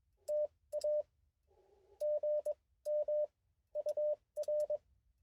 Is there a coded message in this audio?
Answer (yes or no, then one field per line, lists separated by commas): yes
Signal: Morse code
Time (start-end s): 0.3-4.8 s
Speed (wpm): 21 wpm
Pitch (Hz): 590 Hz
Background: none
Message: TA GM UR